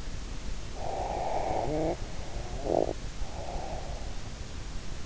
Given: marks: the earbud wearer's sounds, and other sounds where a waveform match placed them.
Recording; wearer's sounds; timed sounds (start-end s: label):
sounds in sleep by an in-ear microphone; snoring breath
0.61-4.28 s: snoring breath